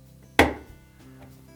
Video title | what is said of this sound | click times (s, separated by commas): Whirlpool Refrigerator Repair - How to Replace the Temperature Sensor | and just give it a push until we hear it snap | 0.4 s